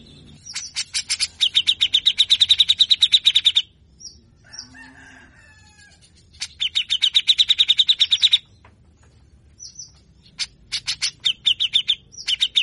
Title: CUCAK JENGGOT GACOR FULL BESETAN KASAR DURASI PANJANG